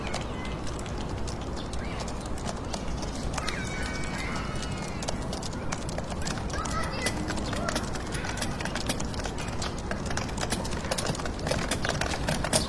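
Fingertip typing in a computer room: quick, irregular clicks run throughout over a steady low urban hiss, with faint brief tones near four seconds.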